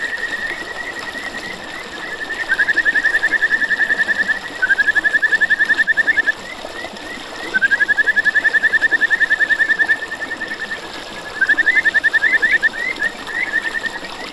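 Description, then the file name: Kajika frog giving repeated bouts of rapid, clear pulsed notes, each lasting a couple of seconds, separated by short quieter gaps, over steady hiss. "buergeri"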